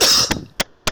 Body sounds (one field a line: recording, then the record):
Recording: coughing mixed with background sound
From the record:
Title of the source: November cold (wet coughing)